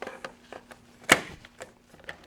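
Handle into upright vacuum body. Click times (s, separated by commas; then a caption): 1.1 s. A plastic handle is pushed onto the body of a Bissell Pet Hair Eraser Turbo Lift-Off upright vacuum, with a few quiet plastic taps and knocks as it is lined up. A sharp, loud plastic click sounds at 1.1 s as the handle locks in and seats.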